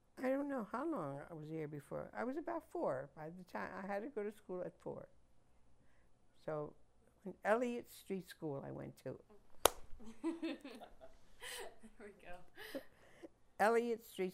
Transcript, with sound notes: don't know how long I was here before, I was about four at the time, I had to go to school at four. So, Elliot Street School I went to. (laughs)
There we go. (laughs)
Elliot Street School.